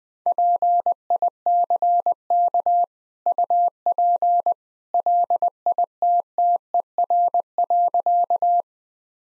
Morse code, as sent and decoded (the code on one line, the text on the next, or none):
.--. .. -.-. -.- / ..- .--. / .-.. .. - - . .-. .-.-.-
PICK UP LITTER.